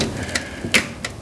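An 8-pin EPS CPU power connector made of plastic is pushed down into the motherboard header, with short clicks and rustling around 0.4 s and 0.8 s. Its latch clicks sharply at 1.1 s, and the connector is seated.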